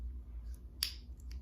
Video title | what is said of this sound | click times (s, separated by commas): Custom GoatGuns and Innovation | and snaps in place. | 0.8 s